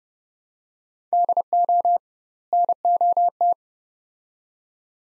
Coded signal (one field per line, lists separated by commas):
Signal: Morse code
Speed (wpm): 30 wpm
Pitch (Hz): 700 Hz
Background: none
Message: DO NOT